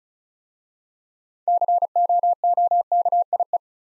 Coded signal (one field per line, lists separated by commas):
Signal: Morse code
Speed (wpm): 36 wpm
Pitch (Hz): 700 Hz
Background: none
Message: COOKIE